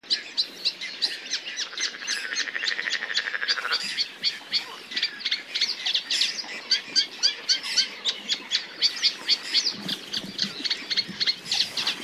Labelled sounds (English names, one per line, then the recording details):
Whiskered Tern flight call
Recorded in the wild
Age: adult
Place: Kützerhof, Kummerower See, Mecklenburg-Vorpommern, DE
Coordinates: 53.8531, 12.8686
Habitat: wetland
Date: 2010-06-22
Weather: fair, 8°C, weak winds
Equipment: Sound Devices 702, Rode NT1-A Stereopaar
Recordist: Frommolt, Karl-Heinz
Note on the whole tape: Straße vom Kützerhof nach Aalbude, Polder Große Rosin: Weißbartseeschwalben im Vorbeiflug. Tiere gesehen. Teilweise sehr gute Aufnahmequalität